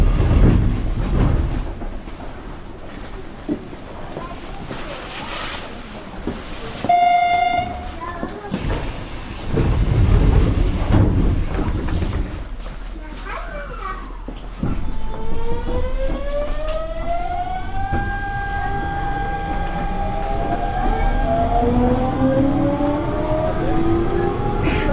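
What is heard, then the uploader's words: A train runs with a heavy low rumble and rattling throughout, louder in the first half. A short tonal beep sounds near seven seconds. From about fifteen seconds a motor whine climbs steadily in pitch as the train accelerates, several tones rising together. 阪神5500系 普通 高速神戸から御影まで. It is the running sound of the Hanshin Electric Railway 5500 series train. I recorded it on a local train.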